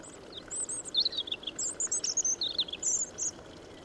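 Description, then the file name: European robin song: a continuous run of high, thin, tumbling notes, some trilled and some slurred, with soft rushing noise underneath. "Erithacus rubecula"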